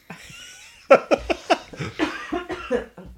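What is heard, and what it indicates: A rapid run of about eight sharp, forceful coughs in an adult: a reflex coughing fit after accidentally inhaling saliva when about to speak. Not due to COVID.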